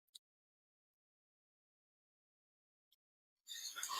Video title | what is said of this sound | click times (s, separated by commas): DIY Robot Laser Welder Ep.1 - Cutting Head Disassembly, Welding Head Installation & Fiber Swap | 好，现在已经到了我们的锁紧位了，然后拧紧就 | 0.2 s